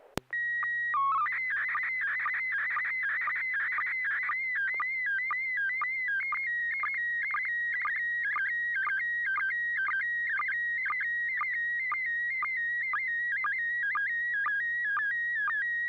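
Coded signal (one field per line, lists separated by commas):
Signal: SSTV (slow-scan television)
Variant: PD 120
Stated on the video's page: SSTV net on a 441.300 MHz FM repeater in Sacramento, CA, using MMSSTV.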